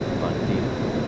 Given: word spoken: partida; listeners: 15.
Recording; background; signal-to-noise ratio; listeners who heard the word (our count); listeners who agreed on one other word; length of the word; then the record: one Spanish word in noise, from a listening test; speech-shaped noise; -6.4 dB; 0 of 15; 7 of 15; 0.68 s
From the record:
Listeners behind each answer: 7, 5, 1, 1, 1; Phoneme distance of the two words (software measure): 10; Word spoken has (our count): 3 syllables, 7 phonemes, stress on syllable 2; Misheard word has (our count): 3 syllables, 7 phonemes, stress on syllable 2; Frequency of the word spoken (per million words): 49.58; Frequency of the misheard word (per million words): 429.29